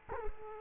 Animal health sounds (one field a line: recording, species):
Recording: mosquito wingbeat signal from an infrared sensor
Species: Culex quinquefasciatus